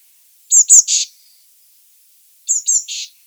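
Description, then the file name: Eurasian blue tit calls, two quick phrases of high thin notes ending in a brief buzzy churr, separated by a short pause. "Cyanistes caeruleus"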